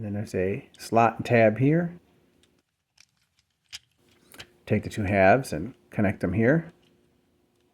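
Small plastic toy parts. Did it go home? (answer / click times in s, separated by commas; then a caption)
no / none. Two plastic halves of a Transformers Studio Series 86 Devastator Commander Class figure (Hook and Long Haul) are lined up at a slot and tab joint to be pushed together while someone talks. Faint, sharp plastic handling ticks come between the talk at about 2.4 to 4.4 seconds. Nothing has seated or clicked yet.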